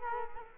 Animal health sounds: mosquito wingbeat signal from an infrared sensor; Culex quinquefasciatus

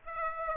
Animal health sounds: mosquito wingbeat signal from an infrared sensor; Aedes aegypti

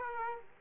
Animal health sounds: mosquito wingbeat signal from an infrared sensor; Aedes aegypti

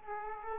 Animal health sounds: mosquito wingbeat signal from an infrared sensor; Aedes aegypti

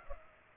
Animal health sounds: mosquito wingbeat signal from an infrared sensor; Culex pipiens

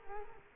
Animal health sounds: mosquito wingbeat signal from an infrared sensor; Culex quinquefasciatus

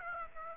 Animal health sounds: mosquito wingbeat signal from an infrared sensor; Aedes aegypti

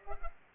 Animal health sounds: mosquito wingbeat signal from an infrared sensor; Culex pipiens

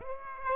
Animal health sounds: mosquito wingbeat signal from an infrared sensor; Aedes aegypti

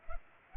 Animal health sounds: mosquito wingbeat signal from an infrared sensor; Culex pipiens

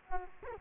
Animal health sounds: mosquito wingbeat signal from an infrared sensor; Culex quinquefasciatus

